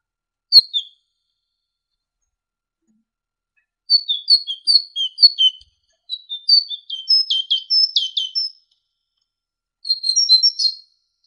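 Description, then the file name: Great tit song with a single high note, then long runs of rapid, varied chirps and twitters in several bursts, otherwise quiet. Training ('masteran') recording for songbirds. "suara masteran great tit"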